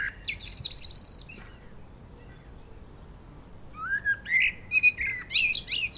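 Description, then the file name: Common blackbird phrase of high scratchy notes, a quiet gap, then rising fluted whistles and warbles with squeaky twitters at the end. "Turdus merula"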